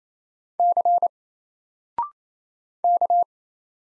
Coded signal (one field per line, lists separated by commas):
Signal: Morse code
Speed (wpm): 28 wpm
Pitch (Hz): 700 Hz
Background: none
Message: C K